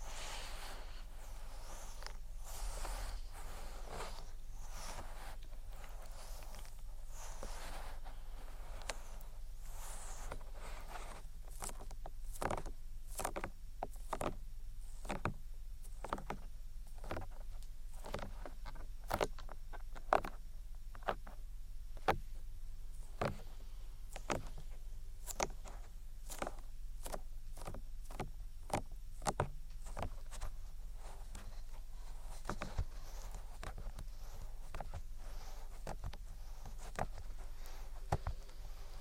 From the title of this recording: Ear Attention Triggers (Tapping, Rubbing, Cupping, Lotion, Latex)